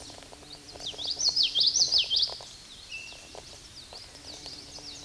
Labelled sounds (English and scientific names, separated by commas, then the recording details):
Common Yellowthroat (Geothlypis trichas) song
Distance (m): 5 m
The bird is about level with the microphone
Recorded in a Pennsylvania forest on 16 May 2024 at 09:50
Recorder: AudioMoth, point MSD-1342
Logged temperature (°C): 15.5 °C
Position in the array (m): 224 m, 186 m